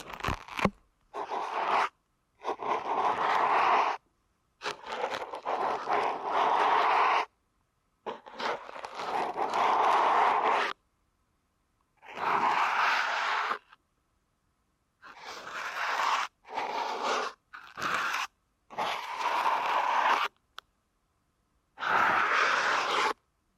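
Deep ear canal massage sounds come in dense, rustling bursts of scraping and crunching, each lasting one to three seconds. Dead silences split the bursts, which fill the middle and upper range with a rough, grainy texture and stay fairly even in loudness throughout.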